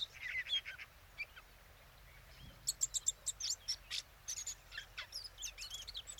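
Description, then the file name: Eurasian blackcap uttering quick high chirps and short slurred notes in irregular bursts. "Sylvia atricapilla"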